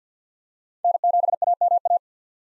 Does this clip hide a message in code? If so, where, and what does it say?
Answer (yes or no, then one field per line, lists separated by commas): yes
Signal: Morse code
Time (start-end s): 0.8-2.0 s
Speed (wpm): 50 wpm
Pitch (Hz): 700 Hz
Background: none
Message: N7AMA